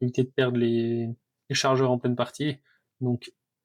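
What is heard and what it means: A magazine is being handled for insertion into a custom airsoft pistol's frame to check that the frame locks it, while someone talks. Only speech is heard, with no impacts or clicks. Nothing has seated or clicked yet.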